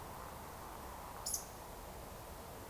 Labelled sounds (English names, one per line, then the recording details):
Eurasian Woodcock whistle
Eurasian Woodcock croak
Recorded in Baden-Württemberg, Germany, on 14 June 2020 at 20:19 UTC
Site 43791, 788 m above sea level